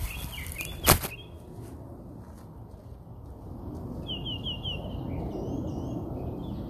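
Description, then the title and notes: Bird song: a few high chirps early, then a quick run of bright repeated notes and thin whistled phrases, with one sharp knock near the start over steady low rumble. Recorded outside the narrator's house. "Bird Songs Part Two. More bird songs outside my house"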